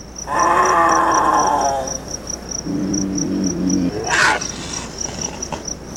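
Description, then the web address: Cougar uttering a wavering, mid-pitched yowl, then a lower droning moan and a short harsh burst, with a steady high ticking in the background. Cougars recorded while mating. "Cougar Cougars Mating"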